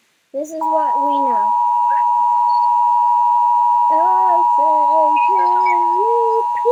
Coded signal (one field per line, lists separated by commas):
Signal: Emergency Alert System (SAME) tones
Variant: 853 and 960 Hz attention tone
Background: speech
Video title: RATING EAS ALARMS WITH @TheRealRogueRocket